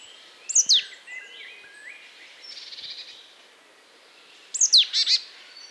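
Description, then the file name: Marsh tit calls: a sharp, high, steeply falling note with a short buzzy rattle, heard twice about four seconds apart, with soft chatter and faint background noise between. "Poecile palustris"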